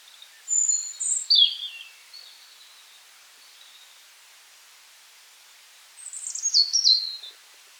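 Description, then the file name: European robin song: two bursts of very high, thin, tumbling whistles and trills separated by several seconds of quiet. "rotkehlchen"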